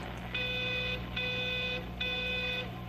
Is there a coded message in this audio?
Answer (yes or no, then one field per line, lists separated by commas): no